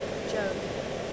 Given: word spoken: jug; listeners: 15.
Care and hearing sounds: one English word in noise, from a listening test; speech-shaped noise; -4.3 dB; 0 of 15; 11 of 15; 0.73 s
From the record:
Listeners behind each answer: 11, 1, 1, 1, 1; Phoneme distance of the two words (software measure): 20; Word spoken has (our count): 1 syllable, 3 phonemes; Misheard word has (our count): 1 syllable, 3 phonemes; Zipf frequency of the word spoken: 4.06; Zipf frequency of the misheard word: 4.59

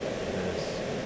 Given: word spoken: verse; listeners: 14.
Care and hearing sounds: one English word in noise, from a listening test; speech-shaped noise; -6.7 dB; 0 of 14; 11 of 14; 0.66 s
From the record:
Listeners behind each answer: 11, 1, 1, 1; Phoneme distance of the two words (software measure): 10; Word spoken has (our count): 1 syllable, 3 phonemes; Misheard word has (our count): 1 syllable, 3 phonemes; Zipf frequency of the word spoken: 3.70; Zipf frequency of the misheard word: 4.50

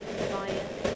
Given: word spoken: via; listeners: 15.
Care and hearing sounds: one English word in noise, from a listening test; noise modulated by three-talker babble; -4.9 dB; 0 of 15; 9 of 15; 0.55 s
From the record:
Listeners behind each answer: 9, 2, 1, 1, 1, 1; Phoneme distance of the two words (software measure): 10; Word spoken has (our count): 2 syllables, 3 phonemes, stress on syllable 1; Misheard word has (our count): 2 syllables, 3 phonemes, stress on syllable 1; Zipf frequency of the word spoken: 4.12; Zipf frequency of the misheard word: 5.18

